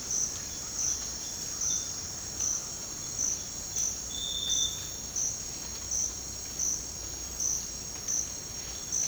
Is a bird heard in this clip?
no